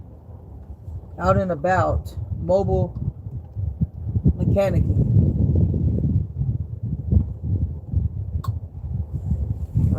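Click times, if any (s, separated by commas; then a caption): 8.5 s. An electrical plug on the ignition wiring is pushed back into its socket on a truck engine until it latches with a sharp click at 8.4 seconds. Someone talks over a low rumbling background with scattered small knocks, and the connector ends up seated.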